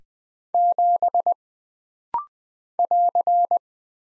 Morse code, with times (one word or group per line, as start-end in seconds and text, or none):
0.5-1.3 7
2.8-3.6 <AR>